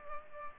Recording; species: mosquito wingbeat signal from an infrared sensor; Culex pipiens